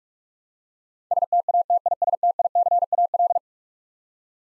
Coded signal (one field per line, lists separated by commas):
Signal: Morse code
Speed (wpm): 43 wpm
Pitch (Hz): 700 Hz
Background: none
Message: STATISTICAL